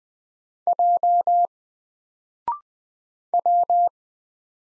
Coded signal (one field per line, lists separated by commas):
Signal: Morse code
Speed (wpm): 20 wpm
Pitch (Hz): 700 Hz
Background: none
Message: J W